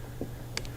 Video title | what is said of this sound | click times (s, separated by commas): Advanblack LED Grid Light For Low Rider ST and Advanblack ST Style Fairing | plug this in listen for the click | 0.6 s